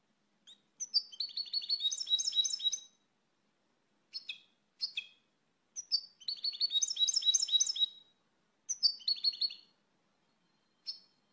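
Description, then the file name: Finch song in short bursts: quick liquid twittering phrases of two to three seconds separated by pauses and single chirps, on a quiet background. "Canto do pintassilgo"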